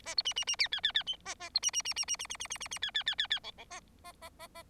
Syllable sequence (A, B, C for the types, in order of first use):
A B C C C D D D D A A B C C C C C C C C C C C D D D D D E E A A A A A